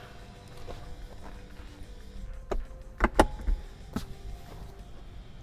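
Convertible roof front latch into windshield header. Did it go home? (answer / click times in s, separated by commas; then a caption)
yes / 3.0 s, 3.2 s. With music playing in the background, the front of a convertible top, lowered onto the windshield frame, is latched by hand from inside the car into the windshield header. After a softer knock at 2.5 s, two sharp clicks at 3.0 s and 3.2 s lock the latch, followed by a quieter bump near 4.0 s. The top's front latch is seated.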